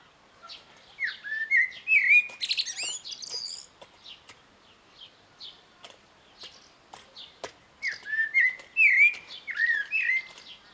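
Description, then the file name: Eurasian blackbird song: two fluted, whistled phrases near one second and eight seconds, each rising then ending in a high, squeaky twitter, with faint clicks between. "Turdus merula"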